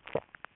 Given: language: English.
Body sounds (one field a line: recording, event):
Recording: throat vibration sensor signal played as sound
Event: swallow